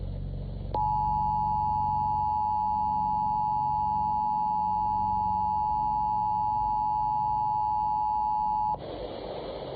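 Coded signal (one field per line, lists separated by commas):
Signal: Emergency Alert System (SAME) tones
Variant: 853 and 960 Hz attention tone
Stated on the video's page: Alaska statewide Required Monthly Test, received on a RadioShack 12-519 and a Midland WR-301 weather radio.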